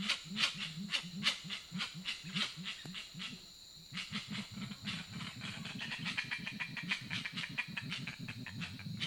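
Grey-winged trumpeter's low hooting series pauses, then resumes as a dense rumbling run, with a high buzz and rapid clicking throughout.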